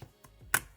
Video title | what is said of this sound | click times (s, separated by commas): iPhone 17 Pro - Torras Q3 Air Case Review | Oh, y'all heard that snap. | 0.5 s